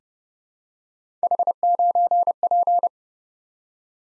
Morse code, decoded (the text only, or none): H9P